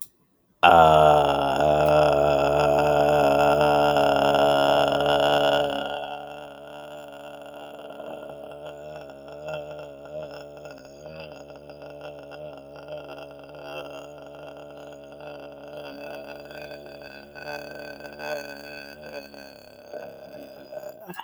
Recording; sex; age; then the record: vowel held as long as possible; male; 30 to 39 years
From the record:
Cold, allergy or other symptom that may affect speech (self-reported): no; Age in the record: 34 years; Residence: New Jersey, United States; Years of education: 12